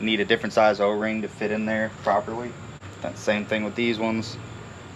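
Someone talks while handling a second LED bulb of the same type, about to be twisted into its headlight or fog light housing socket on a 2007 Chevy Tahoe, with a steady background hum. The bulb has not seated or clicked into the housing yet.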